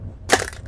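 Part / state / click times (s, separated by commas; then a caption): plastic bottle cap pushed into a plastic water bottle / seated / 0.3 s. A pressed plastic cap is pushed down into the neck of a plastic water bottle after drinking, so the bottle cannot be reused. A sharp crackling, crushing plastic burst peaks at 0.3 s, with smaller crackles following, and the cap stays locked inside the bottle.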